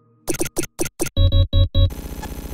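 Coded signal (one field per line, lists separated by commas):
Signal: none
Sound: sci-fi interface beeps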